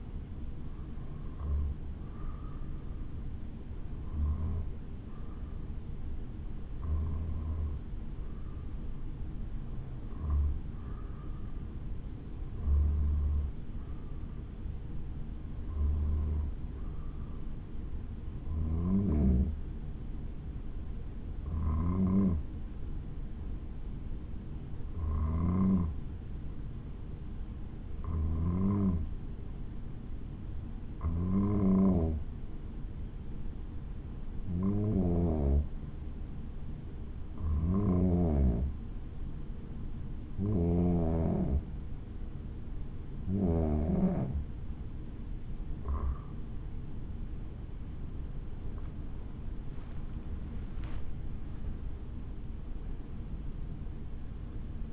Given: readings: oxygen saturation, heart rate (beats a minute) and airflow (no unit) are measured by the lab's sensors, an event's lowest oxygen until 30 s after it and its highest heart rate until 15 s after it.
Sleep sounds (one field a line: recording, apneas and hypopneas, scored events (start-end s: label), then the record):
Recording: breathing in sleep by a smartphone at the bedside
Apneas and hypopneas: 1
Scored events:
24.00-43.00 s: hypopnea (N2, oxygen 95% highest, then 91% lowest, heart rate 60 at the start, 75 highest)
36.00-54.93 s: new sleep stage, N1 (lightest sleep)
From the record:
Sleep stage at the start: N2 (light sleep)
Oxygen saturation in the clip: 91 to 95%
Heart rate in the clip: 59 to 75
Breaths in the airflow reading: 19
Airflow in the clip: -8.8 to 9.5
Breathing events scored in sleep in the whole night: 216 in 7.0 hours asleep